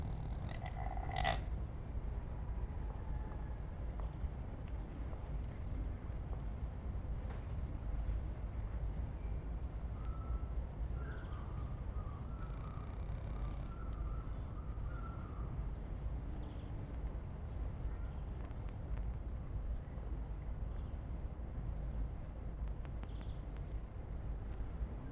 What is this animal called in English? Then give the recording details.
Chamois. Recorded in captivity. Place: Zoo Berlin, Berlin, DE. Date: 1961-01-01 12:00